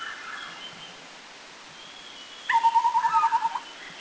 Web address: Taiwan April 2010 Taiwan Scimitar Babbler Anmashan